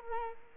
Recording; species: mosquito wingbeat signal from an infrared sensor; Culex quinquefasciatus